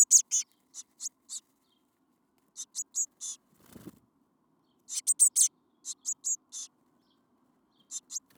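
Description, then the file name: Eurasian blue tit calls: clusters of high, piercing chip notes, with a soft low thud between bursts. "Cyanistes caeruleus"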